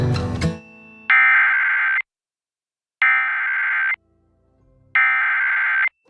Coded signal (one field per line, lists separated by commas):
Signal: Emergency Alert System (SAME) tones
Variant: header bursts